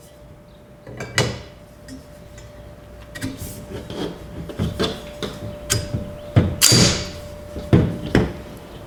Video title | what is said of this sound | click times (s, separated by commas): How To Assemble A Chamberlin Belt Drive Garage Door Opener | and you'll see them that they click into place and we're just going to go ahead and do that one there as well | 1.2 s, 8.2 s